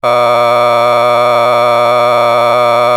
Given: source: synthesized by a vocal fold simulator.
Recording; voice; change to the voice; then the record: sustained vowel; male; a random mix of aspiration noise, stiffness perturbation and strain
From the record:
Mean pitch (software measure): 120 Hz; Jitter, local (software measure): 1.57%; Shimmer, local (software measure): 3.7%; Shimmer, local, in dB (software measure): 0.32 dB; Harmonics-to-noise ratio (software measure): 12.7 dB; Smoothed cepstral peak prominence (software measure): 17.8 dB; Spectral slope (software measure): -13.1 dB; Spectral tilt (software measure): -10.1 dB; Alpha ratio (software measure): -3.6 dB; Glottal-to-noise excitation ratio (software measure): 0.988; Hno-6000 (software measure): 1.9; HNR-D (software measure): 25.1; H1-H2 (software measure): 1.4 dB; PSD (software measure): 1.6e-04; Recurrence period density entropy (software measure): 0.121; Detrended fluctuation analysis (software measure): 0.0298